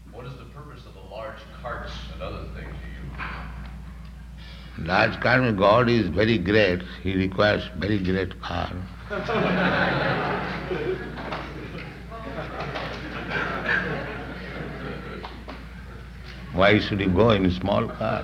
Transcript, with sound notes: What is the purpose of the large carts and other things you use?
Large car mean God is very great, He requires very great car. [laughter] Why should He go in a small car?